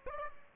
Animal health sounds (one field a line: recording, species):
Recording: mosquito wingbeat signal from an infrared sensor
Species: Aedes aegypti